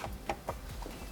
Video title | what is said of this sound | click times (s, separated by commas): 2014-2019 Durango LED Interior Bulb Upgrades - Headlight Revolution | even the foot well area super bright and this thing just pops right in | 0.3 s, 0.5 s